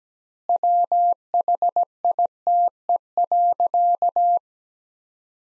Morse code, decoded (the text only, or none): WHITE.